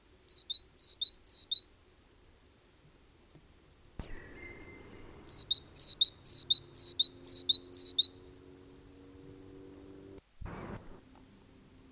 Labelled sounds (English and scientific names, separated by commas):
Great Tit (Parus major) song